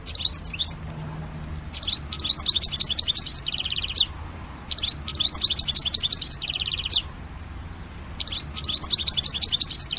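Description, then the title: European goldfinch song phrases of quick tinkling notes, some closing with a harsh buzzy trill, repeated with short gaps, low hum underneath. "Chant Chardonneret"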